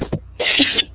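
A short sound is followed by a single harsh, noisy cough burst lasting about half a second. The audio is thin and band-limited, as over an online meeting connection. It is a plain adult cough.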